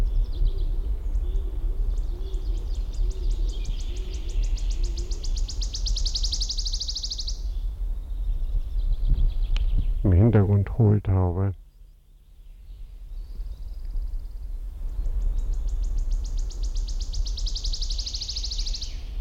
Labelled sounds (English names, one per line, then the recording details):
Common Chaffinch
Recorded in the wild
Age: adult
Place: Mühlenbecker Wald, Brandenburg, DE
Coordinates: 52.689, 13.356
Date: 1993-05-08 11:20
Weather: sonnig, ca. 23 °C
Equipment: Marantz CP 430, Sennheiser ME 80, Kopie Uher Variocord 263
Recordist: Tembrock, Günter